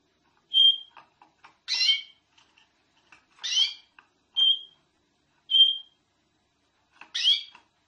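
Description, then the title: Common nightingale giving sparse, spaced phrases: pure single whistles mixed with short harsh scratchy notes, separated by short silences. Used for teaching captive songbirds to sing. "nightingale masteran"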